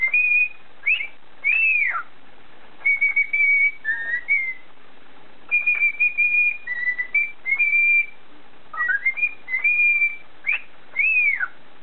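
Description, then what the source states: Cockatiel whistles: arched rising-falling notes mixed with steady clear tones and short upward slides, in phrases separated by brief gaps. Whistling (siulan).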